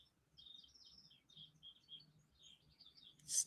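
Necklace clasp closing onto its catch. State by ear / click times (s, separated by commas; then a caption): not seated / none. The metal clasp of a pearl and sapphire necklace (real pearls and real sapphires, not real gold) is handled as it is being closed onto its catch, against steady bird chirps and a low hum. A brief sharp, bright burst comes near the end at about 3.4 s. Nothing has seated or clicked yet.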